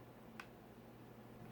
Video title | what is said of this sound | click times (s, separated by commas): Sennheiser HD 598 Headphones Review [4K] | a small clicker memory as it's locked into place so | 0.4 s